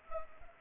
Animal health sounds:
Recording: mosquito wingbeat signal from an infrared sensor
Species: Anopheles arabiensis

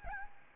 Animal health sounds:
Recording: mosquito wingbeat signal from an infrared sensor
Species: Aedes albopictus

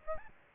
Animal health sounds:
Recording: mosquito wingbeat signal from an infrared sensor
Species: Aedes albopictus

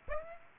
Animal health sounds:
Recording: mosquito wingbeat signal from an infrared sensor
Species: Aedes aegypti

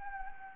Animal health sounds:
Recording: mosquito wingbeat signal from an infrared sensor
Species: Anopheles gambiae

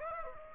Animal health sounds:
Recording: mosquito wingbeat signal from an infrared sensor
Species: Aedes aegypti

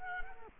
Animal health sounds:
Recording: mosquito wingbeat signal from an infrared sensor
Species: Culex quinquefasciatus

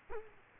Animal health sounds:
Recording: mosquito wingbeat signal from an infrared sensor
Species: Culex quinquefasciatus

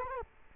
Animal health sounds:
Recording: mosquito wingbeat signal from an infrared sensor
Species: Culex quinquefasciatus

